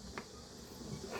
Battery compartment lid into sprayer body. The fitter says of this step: 누르시고, 이렇게 살짝만 누르시면 똑딱 소리가 납니다. 그러면 닫힌 거고요.